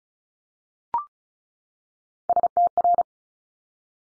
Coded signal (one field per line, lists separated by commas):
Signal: Morse code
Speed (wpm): 36 wpm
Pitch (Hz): 700 Hz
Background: none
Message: STR